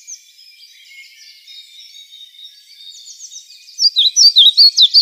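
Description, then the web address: European pied flycatcher song phrase of rapid high see-sawing notes near the end, preceded by faint twittering. "Schulze Peter European Pied Flycatcher song"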